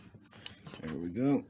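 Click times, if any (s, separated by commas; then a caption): 0.5 s. The spring push-button on a DRIVE tub transfer bench leg is pressed while the leg is pushed down into the frame tube. Light rubbing is followed by a sharp click at 0.5 s as the button snaps into place and locks the leg, seated. Someone talks afterward.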